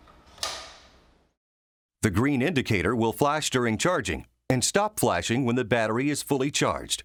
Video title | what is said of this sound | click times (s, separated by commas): 03. LION GUN Charge, Test and Install Battery | insert the battery by sliding it onto the charger until it locks into place | 0.4 s